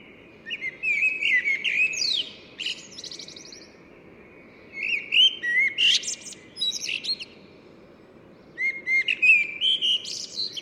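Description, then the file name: Common blackbird song: rich whistled phrases mixed with high, scratchy twittering, three phrases separated by quiet gaps. "Turdus merula"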